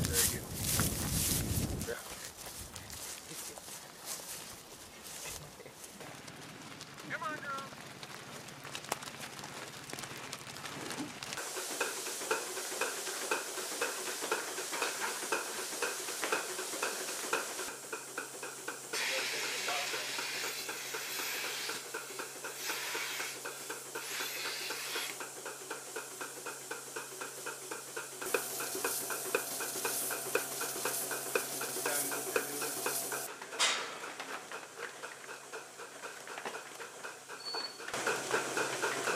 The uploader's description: a dairy farm in Knoxville, Maryland